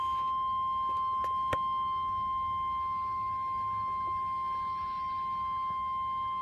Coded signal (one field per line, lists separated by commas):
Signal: Emergency Alert System (SAME) tones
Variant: 1050 Hz attention tone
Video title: EAS #885: Severe Thunderstorm Warning (2/20/2014)